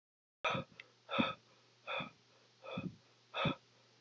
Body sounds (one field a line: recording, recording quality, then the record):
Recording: shallow breathing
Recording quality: excellent, no background noise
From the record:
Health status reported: COVID-19 positive, mild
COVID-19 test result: positive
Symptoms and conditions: cold, sore throat, fatigue, muscle pain, loss of smell and taste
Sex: male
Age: 20 years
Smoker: not ticked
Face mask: not worn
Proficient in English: yes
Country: United States